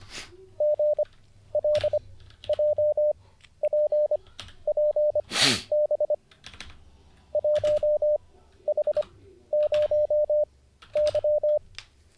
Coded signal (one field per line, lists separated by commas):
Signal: Morse code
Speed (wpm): 25 wpm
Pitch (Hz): 600 Hz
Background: none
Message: GLJPPB 1H0Y